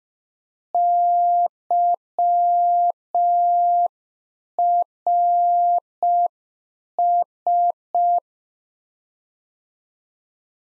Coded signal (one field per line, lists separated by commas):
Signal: Morse code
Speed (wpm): 5 wpm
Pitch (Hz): 700 Hz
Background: none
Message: YRS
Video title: Practice QSO - Complete One-Sided - 5wpm